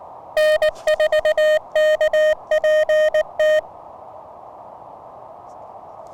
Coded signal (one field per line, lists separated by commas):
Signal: Morse code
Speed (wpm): 20 wpm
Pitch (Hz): 600 Hz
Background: none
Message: N4KPT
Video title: New-To-Me Elecraft K1 And A New Prototype Paddle! A CW POTA Activation.